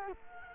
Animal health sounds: mosquito wingbeat signal from an infrared sensor; Culex quinquefasciatus

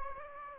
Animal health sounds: mosquito wingbeat signal from an infrared sensor; Anopheles gambiae

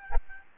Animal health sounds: mosquito wingbeat signal from an infrared sensor; Aedes albopictus

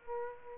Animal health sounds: mosquito wingbeat signal from an infrared sensor; Aedes aegypti

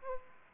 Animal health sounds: mosquito wingbeat signal from an infrared sensor; Aedes aegypti

